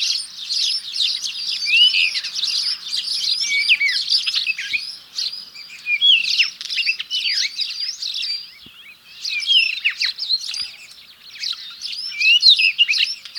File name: Black Scrub Robin Saudi Arabia 05 02 2011 © Abdul Rahman Al-Sirhan